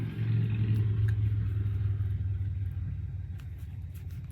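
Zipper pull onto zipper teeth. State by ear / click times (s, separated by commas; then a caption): not seated / none. A finger pushes a zipper pull onto the zipper teeth on a second try, over a steady low rumble with a few faint, brief ticks near 1.1 s, 3.4 s and 4.1–4.3 s. Nothing has clicked, and the pull has not engaged the teeth.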